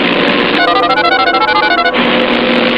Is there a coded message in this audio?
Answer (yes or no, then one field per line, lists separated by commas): no